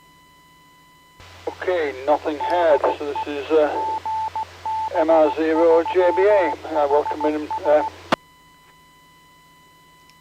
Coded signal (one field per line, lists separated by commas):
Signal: Morse code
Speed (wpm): 16 wpm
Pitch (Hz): 880 Hz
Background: speech, radio noise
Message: DE GB3HS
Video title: HADARS Live Stream 2M net 22/05/23